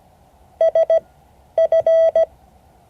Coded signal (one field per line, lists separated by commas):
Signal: Morse code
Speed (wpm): 17 wpm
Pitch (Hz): 650 Hz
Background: none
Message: SF